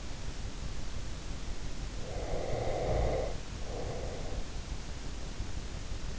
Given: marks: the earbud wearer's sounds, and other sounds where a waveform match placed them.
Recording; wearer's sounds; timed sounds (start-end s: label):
sounds in sleep by an in-ear microphone; snoring breath
1.92-4.65 s: snoring breath